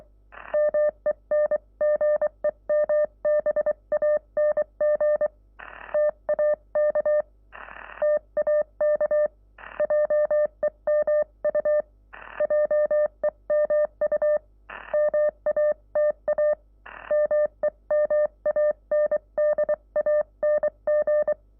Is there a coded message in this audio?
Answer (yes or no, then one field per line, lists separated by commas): yes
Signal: Morse code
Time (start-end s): 0.5-21.3 s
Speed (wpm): 23 wpm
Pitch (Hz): 600 Hz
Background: none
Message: MENGEMBANG TAK TAK JEMU JEMU MATA MEMANDANG